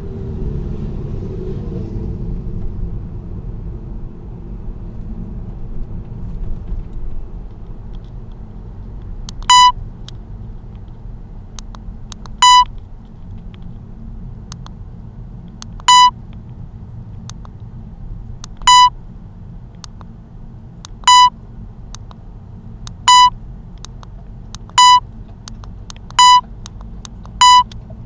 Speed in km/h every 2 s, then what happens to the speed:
41, 39, 38, 37, 34, 30, 26, 23, 19, 18, 18, 18, 18, 20.
0-17 slows to 18. 17-28 steady at about 18.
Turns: none.